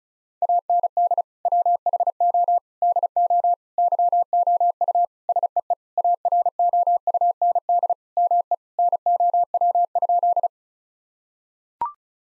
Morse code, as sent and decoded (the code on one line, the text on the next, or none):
.- -. -.. / .-- .... --- / -.. --- / -.-- --- ..- / ... . . / .- .-. --- ..- -. -.. / -- . / -. --- .-- ..--..
AND WHO DO YOU SEE AROUND ME NOW?